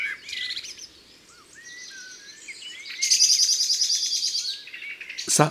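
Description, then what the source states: Common Blackbird calls, scattered rising chirps followed by a loud, rapid, buzzy chattering rattle lasting over a second. Alarm call given after the bird was frightened by something.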